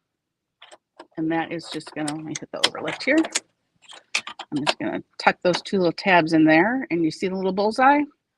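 Someone talks while tucking the two small tabs of a high-precision needle plate into the bed of an Elna sewing machine, lining it up by its bullseye mark, with a brief sharp handling knock near 4.2 s. The plate is still being handled and has not snapped or seated into place yet.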